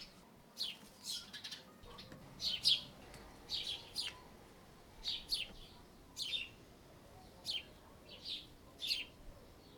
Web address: NS Studios - ultra sound collection ambience birds in a yard